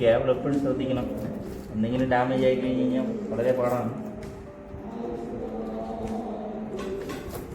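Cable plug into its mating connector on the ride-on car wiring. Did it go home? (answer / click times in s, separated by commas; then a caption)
no / none. A plastic wiring cable plug is handled by its mating connector on the wiring of an 8688 Kids Jeep Ultra Jumbo 4×4 with Bluetooth, a 2-seater ride-on car, during assembly. A man talks over music. Nothing has seated or clicked yet.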